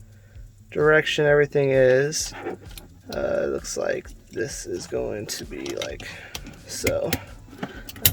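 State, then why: Seated. Someone talks while lining up a diesel heater unit's wiring connector with its keyed wiring harness plug, with light rattling and handling noise in between. The connector is pressed firmly into the plug and latches with a sharp click at 8.1 s, seating it in place.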